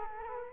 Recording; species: mosquito wingbeat signal from an infrared sensor; Culex quinquefasciatus